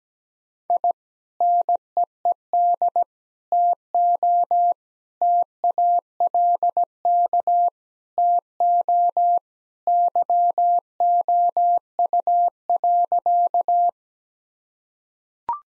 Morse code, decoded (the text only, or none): I NEED TO TALK TO YOU.